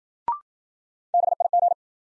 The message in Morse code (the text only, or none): BIG